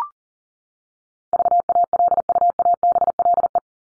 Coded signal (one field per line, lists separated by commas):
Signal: Morse code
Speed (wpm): 40 wpm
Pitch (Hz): 700 Hz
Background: none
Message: VALUABLE